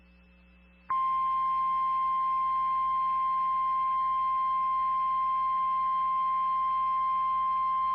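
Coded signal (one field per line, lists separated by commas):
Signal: Emergency Alert System (SAME) tones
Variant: 1050 Hz attention tone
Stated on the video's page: Required Weekly Test on NOAA weather radio station WXK24.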